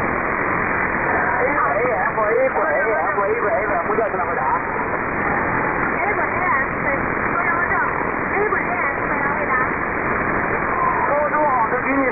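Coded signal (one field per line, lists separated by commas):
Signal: unidentified radio signal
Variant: VC03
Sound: constant warbling, chirping babble of overlapping gliding tones in radio hiss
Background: radio static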